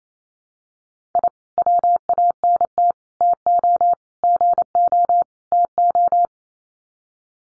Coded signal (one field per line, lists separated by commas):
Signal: Morse code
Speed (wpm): 28 wpm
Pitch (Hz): 700 Hz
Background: none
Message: I WANT TO GO TO